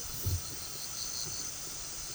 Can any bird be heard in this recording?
no